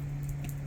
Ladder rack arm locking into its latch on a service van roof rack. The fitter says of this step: And we do clean those pipes off quite a bit. You'll go, hear it lock,